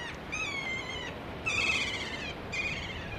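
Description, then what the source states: Kea calls: three thin, high, slightly falling screeches in quick succession, over steady background hiss. Wild kea calling, probably to its mates, at Arthur's Pass village during kea banding on a sunny day.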